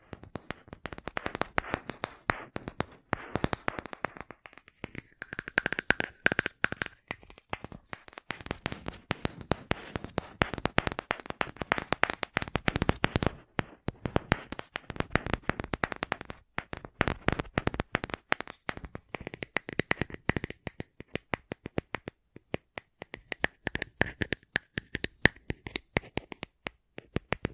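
Rapid, irregular tapping clatters on for the whole stretch in dense bursts, with a faint higher tone surfacing around six, twenty and twenty-four seconds.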